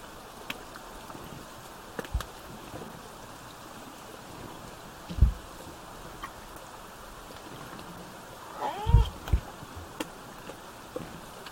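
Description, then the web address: Killer whale: one short, bending tonal call late, over dull thumps and steady background noise. Southern Resident killer whales, a calf present, recorded 17 September 2024 between about 16:32 and 17:50. "biophony SRKW bouts 240917-1700-OS-L 90 calf 240917-1632-1750-OS-L 90 calf"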